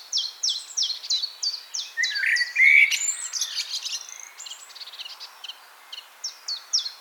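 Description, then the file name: Common blackbird song: a low fluted warble near the middle, framed by quick, repeated high chirping notes that come in bursts. "Turdus merula"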